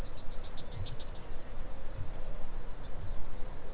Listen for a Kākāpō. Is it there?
yes